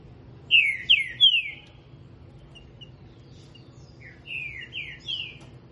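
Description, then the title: Green-winged saltator repeating its phrase of three falling slurred whistles, a loud set first, then a softer set after a pause with a few faint chips. Singing a lot in the morning. "Canto De Trinca Ferro. Trinca ferro Rex cantando muito pela manhã"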